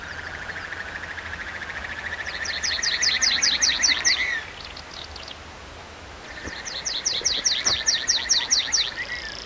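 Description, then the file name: Tree pipit song in two bursts of rapid, sharply repeated high notes, with a drawn-out buzzy trill underneath and a quiet pause between phrases. Recorded at Irkut on 19 May 2012. "19-05-12 Irkut An Trivialis"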